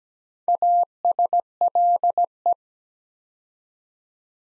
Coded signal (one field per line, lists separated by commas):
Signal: Morse code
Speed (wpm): 17 wpm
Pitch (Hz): 700 Hz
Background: none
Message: ASLE